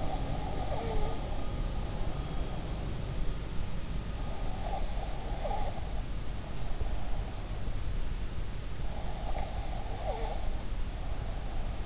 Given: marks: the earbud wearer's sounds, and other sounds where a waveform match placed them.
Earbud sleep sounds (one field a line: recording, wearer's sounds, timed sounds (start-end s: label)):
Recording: sounds in sleep by an in-ear microphone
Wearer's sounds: breath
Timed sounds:
0.00-1.46 s: breath
4.57-7.36 s: breath
9.04-11.86 s: breath